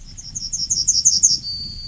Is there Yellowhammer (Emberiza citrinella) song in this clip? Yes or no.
yes